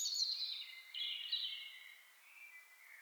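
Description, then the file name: Common blackbird: a drawn-out, high, squeaky warble that slides slowly downward and fades. "Turdus merula"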